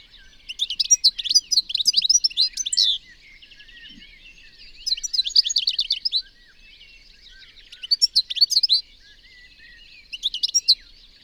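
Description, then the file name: European goldfinch twittering: four bursts of liquid, tinkling notes, separated by quieter twittering. "Carduelis carduelis"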